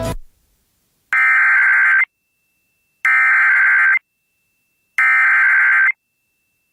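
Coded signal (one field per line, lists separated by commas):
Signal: Emergency Alert System (SAME) tones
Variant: header bursts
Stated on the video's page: Real EAS alerts, mostly severe thunderstorm warnings.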